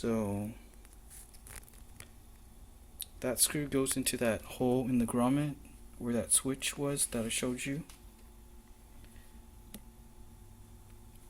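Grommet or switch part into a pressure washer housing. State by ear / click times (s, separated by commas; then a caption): seated / 9.7 s. A grommet or switch part is pressed into a Harbor Freight Portland 63254/63255 pressure washer housing, at the grommet where the switch was, with a screw going into the grommet's hole. Someone talks, with a few faint small clicks and handling noises in between. The part snaps into place with a single sharp click at 9.7 s.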